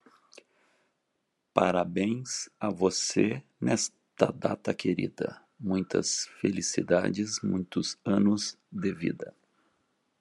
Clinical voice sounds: short text; Brazilian Portuguese; male; 50 to 59 years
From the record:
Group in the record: control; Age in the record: 59 years

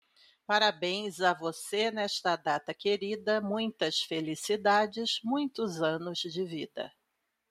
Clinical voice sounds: short text; Brazilian Portuguese; female; 50 to 59 years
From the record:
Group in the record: control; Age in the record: 55 years

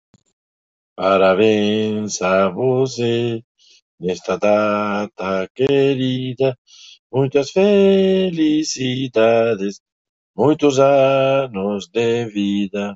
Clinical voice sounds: short text; Brazilian Portuguese; male; 60 to 69 years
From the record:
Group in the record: control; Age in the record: 61 years

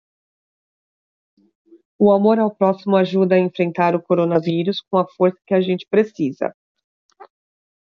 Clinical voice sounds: spoken sentence; Brazilian Portuguese; female; 30 to 39 years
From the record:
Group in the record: control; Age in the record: 34 years

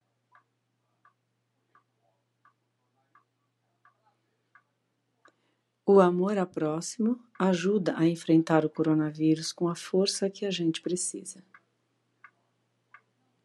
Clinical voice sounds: spoken sentence; Brazilian Portuguese; female; 50 to 59 years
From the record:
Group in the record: control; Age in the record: 57 years

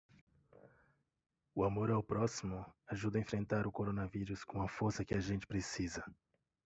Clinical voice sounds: spoken sentence; Brazilian Portuguese; male; 30 to 39 years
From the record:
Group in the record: control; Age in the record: 37 years

